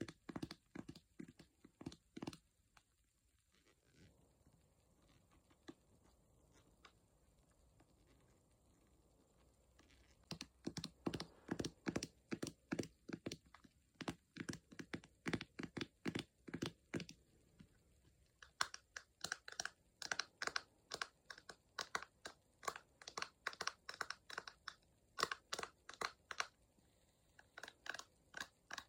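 Crisp tapping comes in rapid bursts, quiet for several seconds early, then dense and bright from about ten seconds on.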